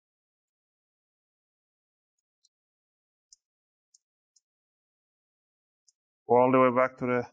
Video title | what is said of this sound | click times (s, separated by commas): How to Repaste and Clean an Acer Aspire 3 A315-41-R7WT Laptop - Step by Step | 2 meter I two centimeters and you want to hear that click sound so | 2.4 s, 3.3 s, 3.9 s, 4.4 s, 5.9 s